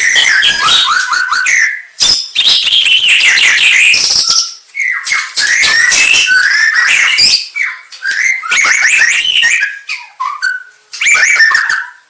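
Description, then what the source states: White-rumped shama song, loud phrases of rich whistles and rapid harsh chatter repeating in quick succession, with short gaps between bursts. Aceh variety of white-rumped shama.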